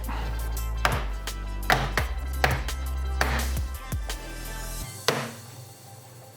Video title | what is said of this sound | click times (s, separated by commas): Upgrade Laptop💻Dell Vostro 14 3405 - Instalar/Cambiar SSD en M.2, Memoria RAM y HDD/SSD de 2.5" | y ya podemos empezar a empujar de todas partes, así, para que se escuchen los clics. | 0.8 s, 1.7 s, 2.4 s, 3.2 s, 5.1 s